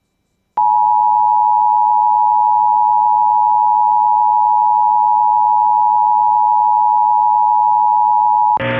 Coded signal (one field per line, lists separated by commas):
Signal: Emergency Alert System (SAME) tones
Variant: 853 and 960 Hz attention tone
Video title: (RARE) EAS 1124 - HAWAII Tsunami Watch